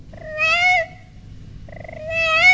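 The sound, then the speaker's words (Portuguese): A cat meows twice, a short high-pitched mew followed after a pause by a longer, drawn-out one, both fairly loud over a low background rumble. “E o gatinho foi chegando e foi miando.”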